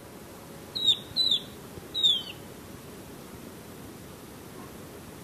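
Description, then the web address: Golden-faced tyrannulet giving three high, sweet notes that slide downward, the first two close together, then a short pause before the third, with quiet hiss behind. Recorded in Ecuador. "Natures Songs S America Birds of Ecuador Golden-faced Tyrannulet"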